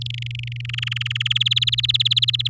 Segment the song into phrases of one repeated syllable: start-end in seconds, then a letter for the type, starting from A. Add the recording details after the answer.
0.01-0.07 A, 0.10-0.61 B, 0.65-1.33 C, 1.35-2.48 D. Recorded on 8 May 2018 at 11:02. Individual llb16